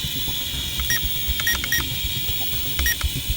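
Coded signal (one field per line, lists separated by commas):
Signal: none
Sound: drone controller speed beeps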